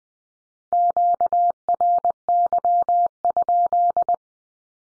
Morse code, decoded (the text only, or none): QRY?